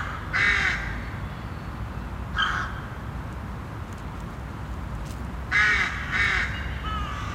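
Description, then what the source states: Rooks cawing: harsh, raspy caws in short bursts, about four calls spread throughout with quiet gaps, over a steady low rumble. Birds sitting on nests in a rook breeding colony with several nests, calling, Lund, Skåne, Sweden.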